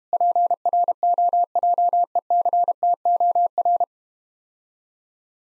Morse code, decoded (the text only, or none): PROJECTOR